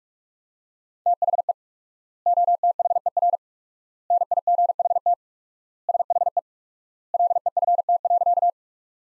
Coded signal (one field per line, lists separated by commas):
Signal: Morse code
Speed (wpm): 42 wpm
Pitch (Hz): 700 Hz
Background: none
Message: THE OTHER NIGHT SHE LEFT.